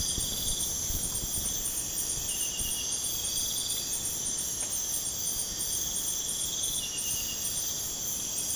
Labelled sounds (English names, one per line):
none